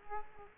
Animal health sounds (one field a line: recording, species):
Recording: mosquito wingbeat signal from an infrared sensor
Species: Culex quinquefasciatus